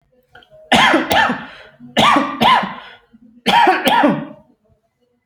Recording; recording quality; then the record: heavy voluntary cough; excellent, no background noise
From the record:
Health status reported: healthy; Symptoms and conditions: none ticked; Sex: male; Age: 30 years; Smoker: not ticked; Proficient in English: yes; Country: India